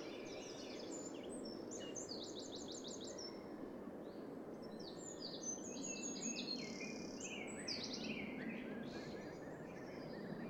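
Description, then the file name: Eurasian wren song: fast, high, tinkling phrases of rapid trills and sharp notes tumbling on for about ten seconds over a steady low rushing noise. "Troglodytes troglodytes"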